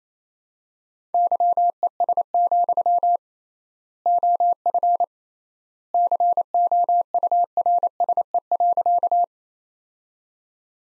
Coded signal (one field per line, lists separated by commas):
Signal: Morse code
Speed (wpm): 28 wpm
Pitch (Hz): 700 Hz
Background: none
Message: YES, OF COURSE.